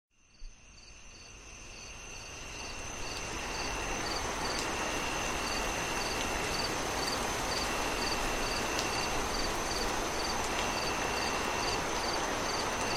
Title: Relaxing Rain, Singing Crickets & Nature Sounds